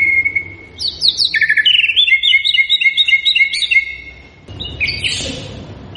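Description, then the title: White-rumped shama singing: a steady whistled note, then a fast run of repeated sweet chips and whistles, ending in a short hissing noise and a brief whistle. Lure recording of a shama singing profusely, used to draw a quick response from other shamas. "MURAI BATU GACOR"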